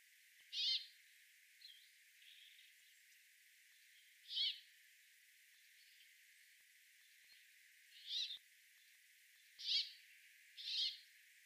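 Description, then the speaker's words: Brambling producing five louder brief, harsh wheezy notes at irregular intervals, with a couple of fainter sounds between. Wheezy song similar to greenfinch's, a chuck-chuck sound followed by rasping zweek, likened to 'bubble and squeak'; rarely heard in UK. "The brambling's wheezy song is similar to that of the greenfinch. It is a chuck-chuck sound, followed by a rasping zweek."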